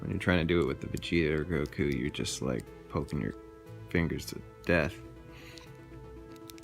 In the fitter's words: oh I think I got it did you hear that click it was a click it's on there yes I got it